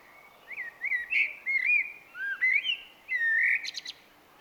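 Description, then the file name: Common blackbird singing a mellow, fluty warble of rising and falling whistled notes, finished with a burst of thin, scratchy high twittering. "Turdus merula"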